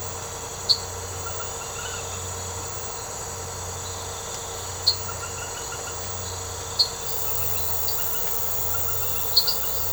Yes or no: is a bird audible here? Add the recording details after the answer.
no. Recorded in secondary vegetation near Puerto Asís, Putumayo, Colombia, on 13 March 2025 at 23:30. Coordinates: 0.468, -76.324. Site G059